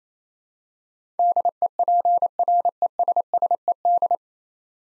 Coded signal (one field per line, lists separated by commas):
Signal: Morse code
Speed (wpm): 27 wpm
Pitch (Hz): 700 Hz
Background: none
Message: DEPRESSED